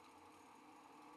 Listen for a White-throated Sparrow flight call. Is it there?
no